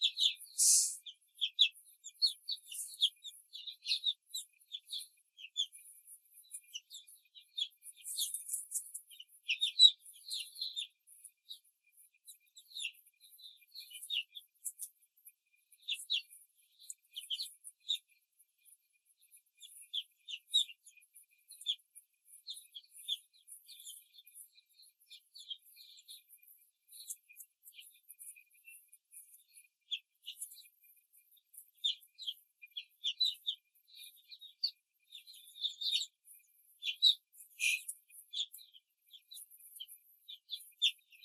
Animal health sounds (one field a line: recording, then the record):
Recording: young laying hens in a cage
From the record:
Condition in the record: control cage, before the stress test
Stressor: none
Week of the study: 4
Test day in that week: 3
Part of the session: 3